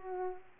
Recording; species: mosquito wingbeat signal from an infrared sensor; Aedes aegypti